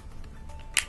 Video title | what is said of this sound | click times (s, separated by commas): HTC Droid Incredible Covers | make sure that you hear the snap on | 0.8 s